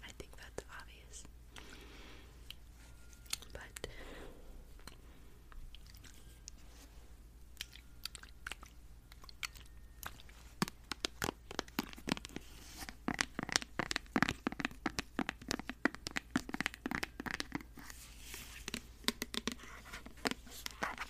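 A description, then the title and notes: Brushing and tapping. The first half holds soft, sparse brushing strokes with occasional light taps, then from about ten seconds the taps come quicker and denser, sharp and crisp, over a faint low hum. Random Brushing & Tapping. Tonight, I browse through my make-up and try to relax you with random tapping and brushing. Of course, there is rambling and storytelling!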